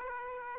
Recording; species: mosquito wingbeat signal from an infrared sensor; Aedes aegypti